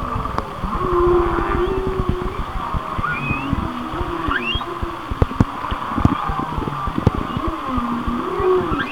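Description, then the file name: Whale song of wavering moans and rising whistles, partly covered by loud low engine-like rumbling and sharp clicks. "Whale Songs- Mike Mc Donald"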